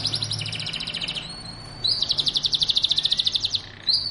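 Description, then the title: Belgian canary singing rapid, high pulsed trills, switching between a lower and a higher rolling phrase with a brief slurred whistle between. Belgian canary song to stimulate singing; linked to mating. "Canto Para Esquentar Canário Belga. suara kenari kawin"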